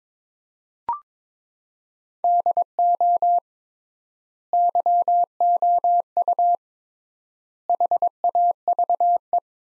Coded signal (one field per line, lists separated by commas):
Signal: Morse code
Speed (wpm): 22 wpm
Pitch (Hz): 700 Hz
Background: none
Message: DO YOU HAVE